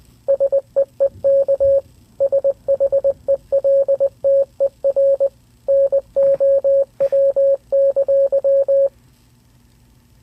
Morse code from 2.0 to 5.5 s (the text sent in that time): SHELTER